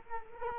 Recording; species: mosquito wingbeat signal from an infrared sensor; Culex quinquefasciatus